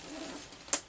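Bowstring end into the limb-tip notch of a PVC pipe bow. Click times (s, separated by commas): 0.7 s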